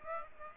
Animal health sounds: mosquito wingbeat signal from an infrared sensor; Aedes aegypti

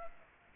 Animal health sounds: mosquito wingbeat signal from an infrared sensor; Aedes aegypti

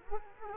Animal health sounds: mosquito wingbeat signal from an infrared sensor; Culex quinquefasciatus

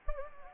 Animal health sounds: mosquito wingbeat signal from an infrared sensor; Anopheles gambiae

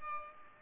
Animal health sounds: mosquito wingbeat signal from an infrared sensor; Culex pipiens

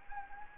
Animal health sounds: mosquito wingbeat signal from an infrared sensor; Anopheles gambiae

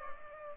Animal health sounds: mosquito wingbeat signal from an infrared sensor; Culex pipiens

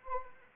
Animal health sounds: mosquito wingbeat signal from an infrared sensor; Anopheles arabiensis

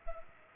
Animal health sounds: mosquito wingbeat signal from an infrared sensor; Culex pipiens

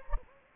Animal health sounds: mosquito wingbeat signal from an infrared sensor; Anopheles gambiae

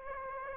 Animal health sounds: mosquito wingbeat signal from an infrared sensor; Aedes aegypti

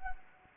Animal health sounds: mosquito wingbeat signal from an infrared sensor; Anopheles gambiae

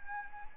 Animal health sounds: mosquito wingbeat signal from an infrared sensor; Anopheles arabiensis

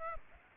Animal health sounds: mosquito wingbeat signal from an infrared sensor; Aedes aegypti

